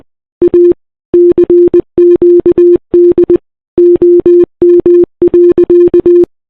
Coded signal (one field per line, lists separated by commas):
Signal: Morse code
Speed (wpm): 21 wpm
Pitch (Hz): 340 Hz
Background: none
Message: A CQD OM.